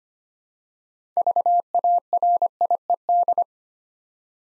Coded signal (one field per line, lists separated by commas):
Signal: Morse code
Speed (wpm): 25 wpm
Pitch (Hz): 700 Hz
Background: none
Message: VARIED